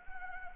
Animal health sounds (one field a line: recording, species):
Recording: mosquito wingbeat signal from an infrared sensor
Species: Anopheles arabiensis